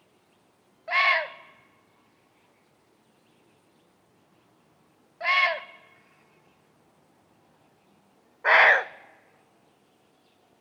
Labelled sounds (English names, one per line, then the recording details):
Indian Muntjac
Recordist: Tembrock, Günter